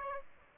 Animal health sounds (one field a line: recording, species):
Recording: mosquito wingbeat signal from an infrared sensor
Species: Aedes aegypti